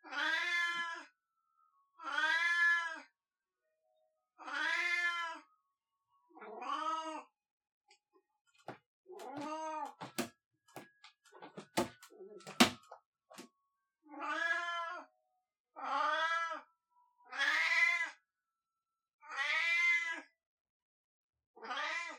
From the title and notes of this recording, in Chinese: 喵嗷叫。被我家貓貓吵。